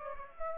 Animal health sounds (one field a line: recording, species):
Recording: mosquito wingbeat signal from an infrared sensor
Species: Aedes aegypti